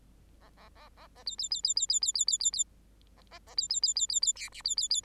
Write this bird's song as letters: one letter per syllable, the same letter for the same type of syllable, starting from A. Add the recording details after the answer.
A A A A A B B B B B B B B B B B A A A B B B B B B C D B B B. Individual Bird8